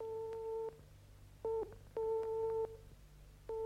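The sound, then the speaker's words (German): A telephone tone from an off-hook receiver: steady two-pitch beeps in uneven on-off bursts, some long, some short, over a low background hum, with no voices. “Ich neigte mich über den abgehobenen Hörer und lauschte in die Muschel.”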